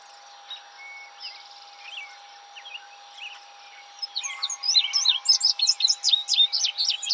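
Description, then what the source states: Indigo bunting song: after scattered soft chips and a thin whistle, a lively run of high, slurred notes fills the last three seconds; steady background hum. Recorded 26 June 2007.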